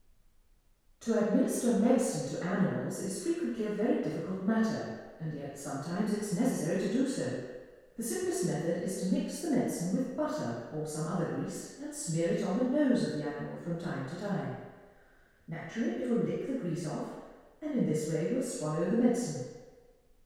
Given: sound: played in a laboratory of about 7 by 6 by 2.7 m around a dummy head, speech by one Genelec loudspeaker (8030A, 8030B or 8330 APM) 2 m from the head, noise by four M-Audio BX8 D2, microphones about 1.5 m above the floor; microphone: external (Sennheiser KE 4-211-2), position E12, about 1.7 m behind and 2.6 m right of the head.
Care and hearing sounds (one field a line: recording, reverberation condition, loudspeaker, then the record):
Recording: female speech in English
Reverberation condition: high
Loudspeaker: 90 degrees to the right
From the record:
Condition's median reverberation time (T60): about 1300 ms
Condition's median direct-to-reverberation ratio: about -4.0 dB